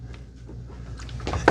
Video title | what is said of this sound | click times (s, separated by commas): MOVA M10 Cordless Floor Cleaner Unboxing & Review - Mud, Hair, Ketchup, and MORE! | And now you want to slide this in and make sure it clicks. | 1.5 s